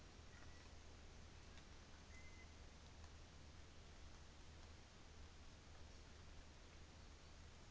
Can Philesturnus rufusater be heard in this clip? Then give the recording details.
no. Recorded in New Zealand on 24 December 2018. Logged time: 11:00